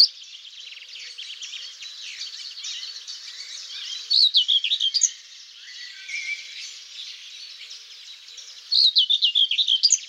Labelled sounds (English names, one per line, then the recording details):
Common Whitethroat song
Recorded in the wild
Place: Flögelner See, Schleswig-Holstein, DE
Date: 2007-06-06
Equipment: MiniDisc Sharp MT 20 H
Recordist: Schwarz, Dieter
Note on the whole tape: Song